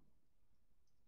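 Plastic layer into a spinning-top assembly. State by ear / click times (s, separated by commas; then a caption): not seated / none. Someone tries to lock a plastic layer into a Hasbro Beyblade Burst spinning-top assembly from the Battle Tower stadium set. Only quiet, low handling noise is heard, with no distinct click. The layer fails to catch and nothing has locked in yet.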